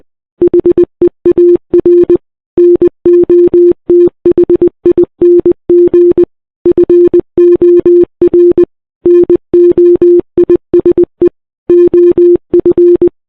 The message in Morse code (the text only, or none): HEAR NOTHING FOR NOISE OF